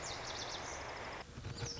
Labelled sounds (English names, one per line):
Lazuli Bunting